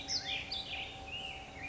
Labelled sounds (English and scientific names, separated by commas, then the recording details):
Black-headed Grosbeak (Pheucticus melanocephalus)
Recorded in Sonoma County, California